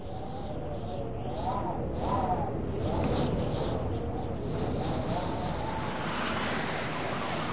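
Wind on a February afternoon in Seattle roars steadily across the whole stretch in a broad, loud rush that swells in slow gusts, with faint muffled voices murmuring beneath it.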